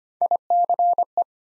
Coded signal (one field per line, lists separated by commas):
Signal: Morse code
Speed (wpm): 25 wpm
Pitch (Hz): 700 Hz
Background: none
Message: ICE